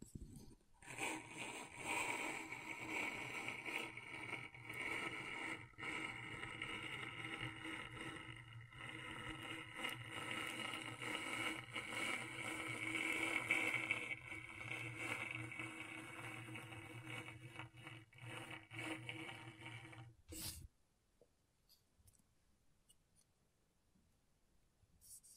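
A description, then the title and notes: Scratchboard being worked, a dense, steady scraping with a bright, gritty edge and a low hum beneath it. Short pauses and clicks break the texture now and then. Around twenty seconds the scratching stops abruptly, leaving near silence with a few faint taps. ASMR Brain Tingling Scratchboard (No Talking).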